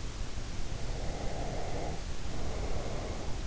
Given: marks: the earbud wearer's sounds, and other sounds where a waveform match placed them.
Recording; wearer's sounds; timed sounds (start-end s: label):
sounds in sleep by an in-ear microphone; breath
0.93-3.26 s: breath